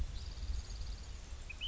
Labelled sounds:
Ash-throated Flycatcher
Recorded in Sonoma County, California

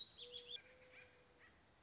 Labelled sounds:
Mourning Dove
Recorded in Sonoma County, California

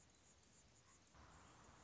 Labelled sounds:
Anna's Hummingbird
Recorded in Sonoma County, California

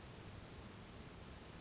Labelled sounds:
Western Flycatcher
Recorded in Sonoma County, California

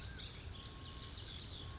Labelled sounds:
Pacific Wren
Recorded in Sonoma County, California

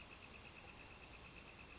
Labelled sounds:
Northern Flicker
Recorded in Sonoma County, California

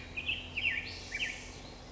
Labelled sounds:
Black-headed Grosbeak
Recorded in Sonoma County, California

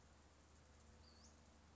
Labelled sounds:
Western Flycatcher
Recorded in Sonoma County, California

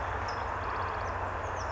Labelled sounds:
California Towhee
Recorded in Sonoma County, California

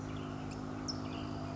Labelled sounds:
California Towhee
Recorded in Sonoma County, California

